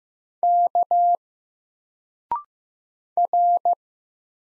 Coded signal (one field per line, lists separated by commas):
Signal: Morse code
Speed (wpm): 15 wpm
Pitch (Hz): 700 Hz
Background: none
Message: K R